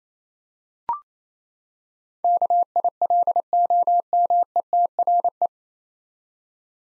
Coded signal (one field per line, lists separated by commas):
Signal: Morse code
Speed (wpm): 28 wpm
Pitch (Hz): 700 Hz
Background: none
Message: KILOMETRE